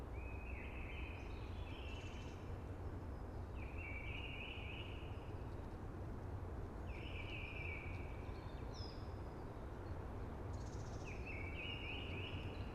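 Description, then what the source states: Blackbird song with several warbled phrases every few seconds, some with higher twittering endings, heard over steady low rushing wind in the trees. Singing early, amongst conifers hushing in the background.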